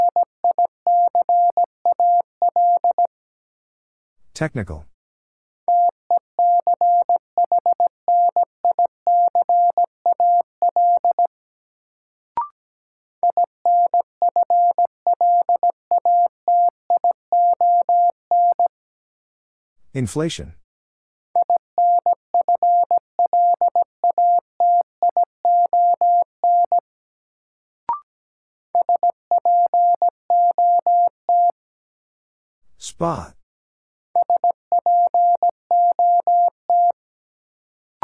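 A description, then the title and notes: A word is sent in Morse code as a steady mid-pitched tone keyed into rapid, regular bursts of short and longer beeps. The keying comes in runs of several seconds separated by brief pauses, and sharp sweeping swishes cut in at around 4, 20 and 33 seconds. Sentences from Top 1100 Words - New Word Drill - 17wpm. First, the word is sent in Morse code.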